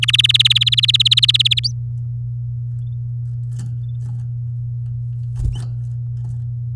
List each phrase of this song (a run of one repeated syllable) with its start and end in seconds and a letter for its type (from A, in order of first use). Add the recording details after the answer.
0.02-1.59 A, 1.64-1.71 B. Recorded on 9 May 2018 at 10:20. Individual llb16